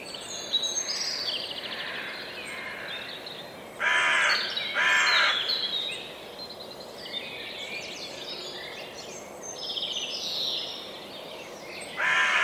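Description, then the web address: Bird calls, a few harsh caws amid busy high chattering. "Deverinetal 2025 File origin Bird Only"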